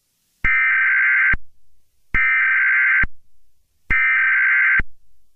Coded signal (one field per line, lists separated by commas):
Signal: Emergency Alert System (SAME) tones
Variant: header bursts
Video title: Nuclear Attack 3: Our Worst Luck Yet... (EAS St. Patrick's Day Special)